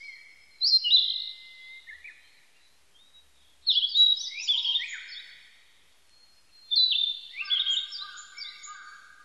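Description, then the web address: Narcissus flycatcher song in three separate bursts about three seconds apart, each a quick cluster of high falling whistles and trills, with quiet gaps between. Recorded on 25 April 1998. "1998 980425 kibitaki"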